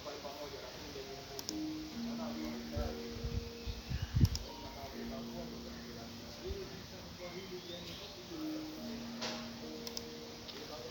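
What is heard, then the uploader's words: Morning in a restaurant, with chatter of several voices going on steadily throughout. A sharp clatter cuts in around four seconds, and a low steady hum with a few held tones comes and goes underneath the talk. Mornings at Oleza Restaurant.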